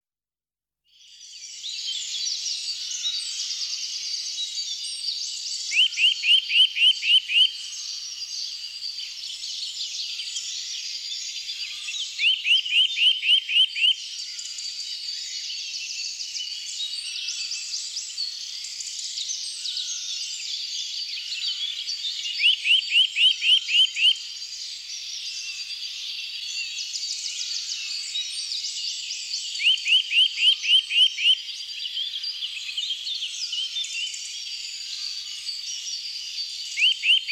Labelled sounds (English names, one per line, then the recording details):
Eurasian Nuthatch song
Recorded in the wild
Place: Waltershofen / Freiburg im Breisgau, Baden-Württemberg, DE
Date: 2009-04-10
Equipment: MiniDisc Sharp MT 20 H
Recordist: Schwarz, Dieter